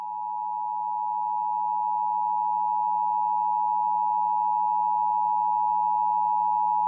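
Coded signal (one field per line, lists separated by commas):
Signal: Emergency Alert System (SAME) tones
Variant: 853 and 960 Hz attention tone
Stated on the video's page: Pennsylvania Amber Alert as broadcast on a radio station.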